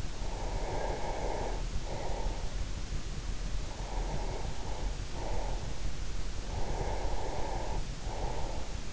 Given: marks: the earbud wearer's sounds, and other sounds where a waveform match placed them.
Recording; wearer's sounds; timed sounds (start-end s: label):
sounds in sleep by an in-ear microphone; breath
0.12-2.55 s: breath
3.42-5.75 s: breath
6.27-8.93 s: breath